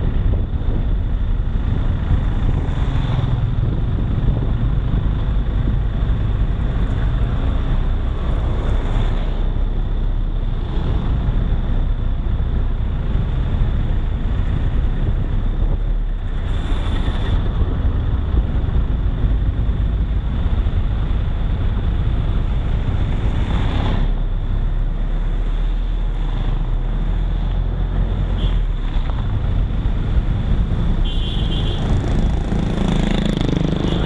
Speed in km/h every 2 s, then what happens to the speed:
19, 17, 17, 17, 18, 18, 19, 20, 18, 12, 9, 9, 10, 12, 14, 13, 14.
0-15 steady at about 18. 15-20 slows to 9. 20-34 steady at about 12.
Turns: none.